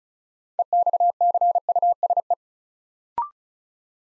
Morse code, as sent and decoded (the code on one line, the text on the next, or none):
. -..- -.-. ..- ... .
EXCUSE